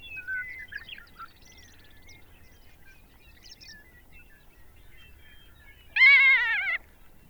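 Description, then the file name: Ferruginous hawk scream: a single harsh, wavering cry lasting under a second, after a few faint chirps. "Ferruginous Hawk Buteo regalis"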